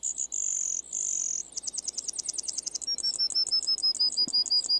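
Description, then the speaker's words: Brewer's Sparrow song: high, sustained buzzy trills shifting into a rapid chattering series, then a slower series of repeated high notes. Long, elaborate song, likened to an aria, standing apart from other birds in its sagebrush nesting habitat. "While most birds offer a melody, the brewer's sparrow seems to perform an entire aria."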